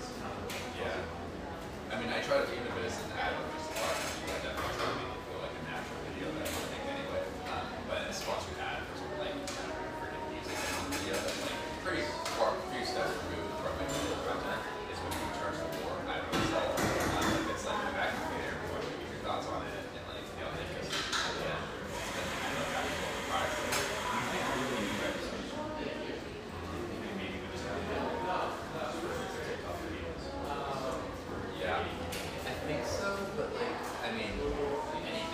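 Busy café din of overlapping voices, scattered with frequent cup and dish clinks, plus a brighter hissing stretch around 22 to 25 seconds.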